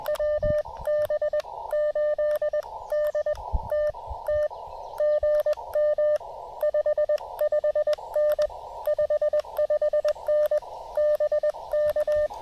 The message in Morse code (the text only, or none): WB8DTT GM 55N 55N BK